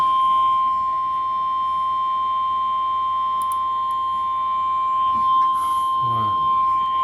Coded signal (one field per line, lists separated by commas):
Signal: Emergency Alert System (SAME) tones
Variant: 1050 Hz attention tone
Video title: CHAOS ACROSS NEW ENGLAND! - EAS Alerts from 08/08/2023 (EAS #317-#325)